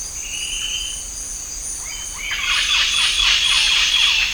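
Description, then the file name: Bird giving a level whistle, then a dense rapid cascade of downward chirps, with a steady high insect drone throughout. "SABIOD 50 bird 2015"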